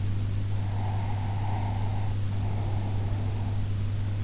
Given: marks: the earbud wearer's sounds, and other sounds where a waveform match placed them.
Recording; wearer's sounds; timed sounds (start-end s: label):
sounds in sleep by an in-ear microphone; breath
0.63-3.52 s: breath